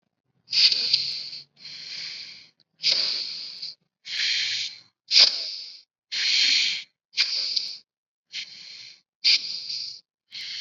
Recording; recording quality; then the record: deep breathing; excellent, no background noise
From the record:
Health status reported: COVID-19 positive, mild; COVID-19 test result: positive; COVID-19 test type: RT-PCR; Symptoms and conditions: cough, sore throat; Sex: female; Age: 18 years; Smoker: no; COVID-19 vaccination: both doses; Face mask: not worn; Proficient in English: yes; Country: India